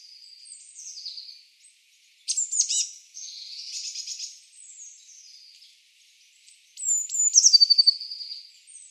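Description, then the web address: Eurasian blue tit calling with high, sliding notes, then a brief rattling burst and softer buzzy phrases, ending with a quick run of sharp repeated notes. "cianscape. Deverinetal"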